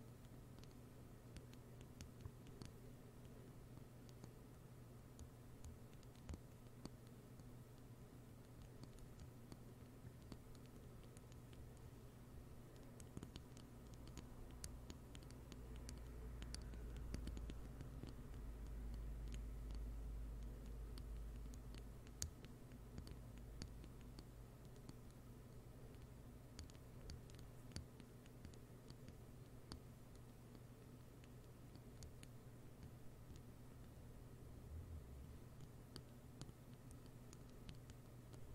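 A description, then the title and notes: Slow, irregular rain-like tapping of sharp light ticks over a steady low hum, with a deeper rumble swelling between roughly 15 and 22 seconds. ASMR NO TALKING slow rain-like Tapping.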